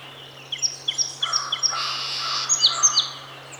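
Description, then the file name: Song sparrow singing a series of crisp repeated notes, a harsh buzzy middle, then a few high repeated notes, against a low constant hum. Seven songs recorded on 8 June 2018. "2018-06-08 SOSP-7 songs"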